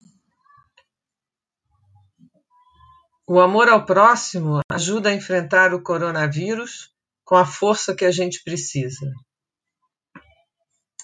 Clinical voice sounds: spoken sentence; Brazilian Portuguese; female; 60 to 69 years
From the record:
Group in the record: control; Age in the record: 67 years

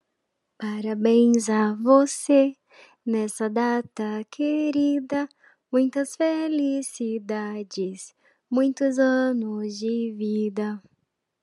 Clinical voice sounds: short text; Brazilian Portuguese; female; 30 to 39 years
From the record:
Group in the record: control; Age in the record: 38 years

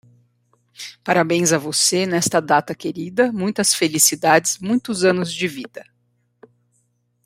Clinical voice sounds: short text; Brazilian Portuguese; female; 50 to 59 years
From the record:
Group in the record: control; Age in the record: 53 years

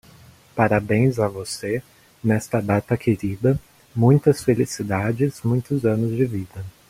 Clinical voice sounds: short text; Brazilian Portuguese; male; 20 to 29 years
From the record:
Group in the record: control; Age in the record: 28 years

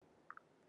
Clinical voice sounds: spoken sentence; Brazilian Portuguese; female; 50 to 59 years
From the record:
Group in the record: control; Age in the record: 57 years

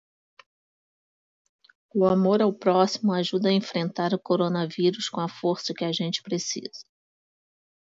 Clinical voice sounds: spoken sentence; Brazilian Portuguese; female; 50 to 59 years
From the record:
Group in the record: control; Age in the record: 55 years

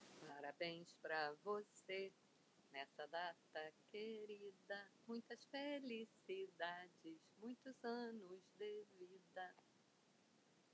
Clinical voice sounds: short text; Brazilian Portuguese; female; 50 to 59 years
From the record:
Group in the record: control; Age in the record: 56 years

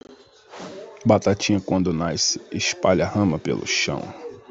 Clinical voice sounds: short text; Brazilian Portuguese; male; 30 to 39 years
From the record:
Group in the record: control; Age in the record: 32 years

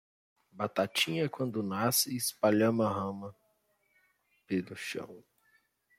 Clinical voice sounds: short text; Brazilian Portuguese; male; 30 to 39 years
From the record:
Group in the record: control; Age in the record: 31 years

